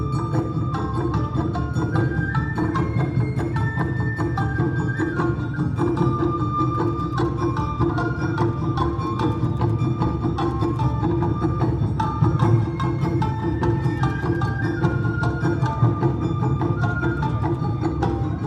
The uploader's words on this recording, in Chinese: 東京高圓寺阿波舞團來台展演。阿波舞團在台展演。台北市松山區的松山慈祐宮。